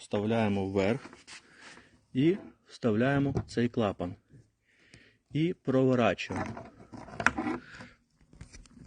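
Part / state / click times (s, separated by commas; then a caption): foot pump hose nozzle into inflatable boat air valve / not seated / none. Someone talks while pushing a foot pump's plastic nozzle adapter into a PVC inflatable boat's air valve and twisting it by hand to lock it, with a few brief sharp handling sounds near 7.2–7.4 s and toward the end. The nozzle does not lock because the boat valve is taller than the adapter, so its rubber ring has to be removed first. Nothing has seated or clicked yet.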